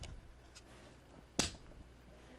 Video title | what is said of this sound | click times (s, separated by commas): B01E5FAKM8 Depond GEEKPRO EOV1 4K Ultra HD Dual Screen Part 1 | You want to make sure they go in level and straight, and you'll hear a click, | 1.4 s